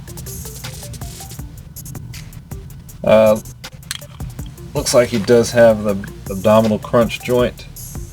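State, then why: Not seated. Someone handles a Marvel Legends Deluxe Eddie Brock (Monster) Venom repaint action figure and bends the plastic ratchet abdominal crunch joint in its torso, with soft handling clicks and rustles over background music. Someone talks throughout. Nothing has seated or clicked into place yet.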